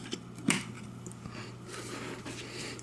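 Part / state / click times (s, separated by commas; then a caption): fan power plug into wall outlet / seated / 0.5 s. A KMart K14X box fan's power plug is pushed into a wall outlet and seats with a sharp click at 0.5 s, preceded by a faint tap at 0.1 s. The click comes from the outlet, not the fan. Low, steady background noise and a few small taps follow.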